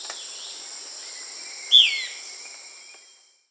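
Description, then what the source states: Euler's flycatcher call, one quick descending slurred note amid a high-pitched insect chorus that cuts off just before the end. South America.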